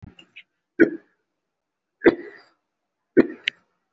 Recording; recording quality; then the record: shallow voluntary cough; excellent, no background noise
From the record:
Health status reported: respiratory illness, not identified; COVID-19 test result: not tested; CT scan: not taken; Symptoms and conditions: breathing difficulty, fatigue, muscle pain, chronic lung disease, pneumonia, diabetes, ischaemic heart disease, another condition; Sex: male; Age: 72 years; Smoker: yes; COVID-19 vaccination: none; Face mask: worn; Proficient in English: no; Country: India